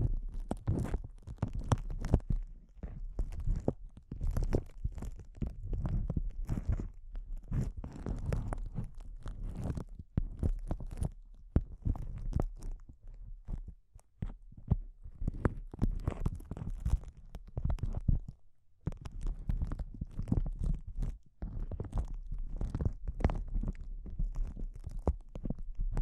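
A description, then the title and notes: Intense close-up crinkles arrive as dense, rapid bursts of crackling over a low rumble, with a brief quiet gap near eighteen seconds. ASMR Intense Close-Up Crinkles (No Talking).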